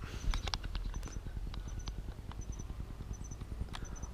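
An action camera is pushed down into the housing of a GoPro Karma handheld stabilizer grip, with soft handling taps and scrapes over a low background rumble. A sharp click at 0.5 s marks the camera seating properly in the grip.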